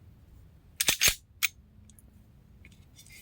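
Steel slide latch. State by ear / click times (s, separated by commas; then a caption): seated / 0.8 s. A steel pistol slide on a Taurus G3 or G2C is pulled back and the slide release lever is pried up into its notch, catching with a loud metallic click at 0.8 s that locks the slide open. Further metallic clatter follows around 0.9–1.1 s, a sharp click comes at 1.4 s, and faint small ticks follow later.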